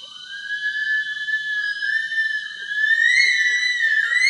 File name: Bush Stone curlew Burhinus grallarius